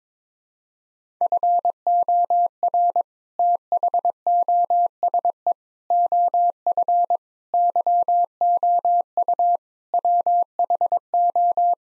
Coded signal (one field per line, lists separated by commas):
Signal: Morse code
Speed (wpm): 22 wpm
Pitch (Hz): 700 Hz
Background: none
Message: FOR THOSE OF YOU WHO